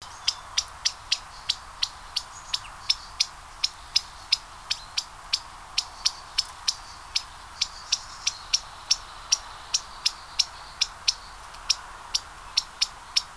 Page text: Ääniä 15.7.2009 Espoo. Ensimmäinen on varoitteleva viitasirkkalintu